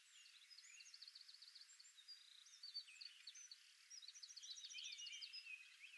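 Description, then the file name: Eurasian wren song, a high, rapid stream of bright notes with fast rattling trills that keeps going throughout, ending in a busy, dense burst. "Troglodytes troglodytes"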